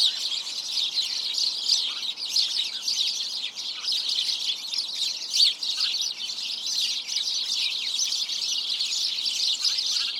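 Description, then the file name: House sparrows chattering together, a steady wall of bright overlapping chirps that keeps going throughout, with occasional louder individual calls. "Passer domesticus"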